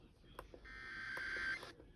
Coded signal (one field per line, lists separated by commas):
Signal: Emergency Alert System (SAME) tones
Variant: header bursts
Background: speech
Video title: A Slight Inconvenience... EAS Alerts from 3/14/24 (EAS #569-613)